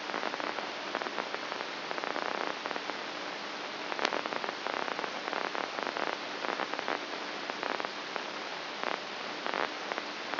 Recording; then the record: brain microelectrode recording played as sound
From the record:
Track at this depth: outside the subthalamic nucleus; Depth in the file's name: 1.539 mm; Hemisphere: left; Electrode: 2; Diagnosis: Parkinson's disease